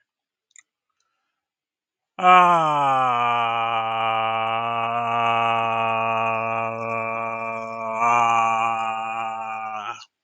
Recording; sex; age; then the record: vowel held as long as possible; male; 30 to 39 years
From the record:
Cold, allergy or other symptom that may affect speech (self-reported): no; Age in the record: 39 years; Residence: Massachusetts, United States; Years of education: 14